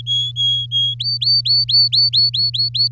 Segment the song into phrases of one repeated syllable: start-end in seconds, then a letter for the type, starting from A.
0.06-0.94 A, 0.99-2.88 B